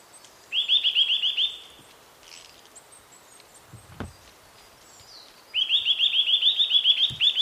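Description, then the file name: Eurasian nuthatch giving a fast, loud trill of rapid repeated notes lasting about a second, then a quiet gap and a second, longer trill. "Sitta europaea"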